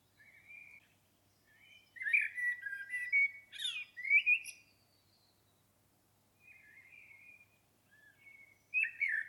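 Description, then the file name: Common blackbird singing several fluted, warbling phrases broken by short pauses, mixed with high scratchy twitters. "Turdus merula"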